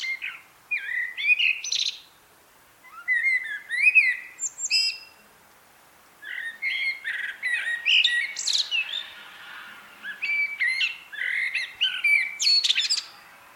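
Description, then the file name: Common blackbird singing several phrases, each a low, rich whistled warble rising into thin, scratchy high twitters, with short pauses between phrases. "Turdus merula"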